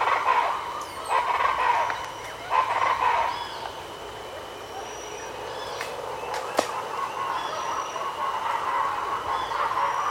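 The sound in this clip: Wedge-capped capuchin calls, loud bursts of chattering cries early on, then softer continuous chatter, with a steady high-pitched insect hum throughout.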